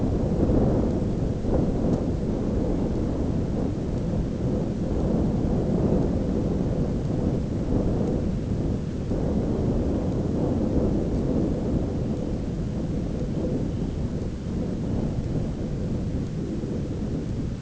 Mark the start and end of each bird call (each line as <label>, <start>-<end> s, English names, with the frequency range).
Dunlin (2.4-4.0 kHz), 11.89-15.87 s